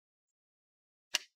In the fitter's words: I'm just rotating and just do click sound that's when I know it's done you can do this on both of them